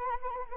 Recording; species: mosquito wingbeat signal from an infrared sensor; Anopheles arabiensis